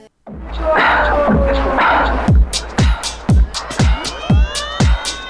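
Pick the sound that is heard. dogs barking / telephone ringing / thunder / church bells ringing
dogs barking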